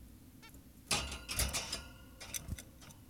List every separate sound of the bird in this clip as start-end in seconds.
0.44-0.50